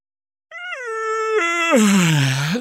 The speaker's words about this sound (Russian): громко зевнул.